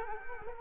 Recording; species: mosquito wingbeat signal from an infrared sensor; Culex quinquefasciatus